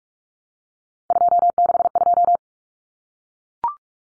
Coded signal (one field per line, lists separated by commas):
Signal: Morse code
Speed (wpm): 44 wpm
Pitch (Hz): 700 Hz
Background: none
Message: 262